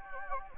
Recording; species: mosquito wingbeat signal from an infrared sensor; Anopheles gambiae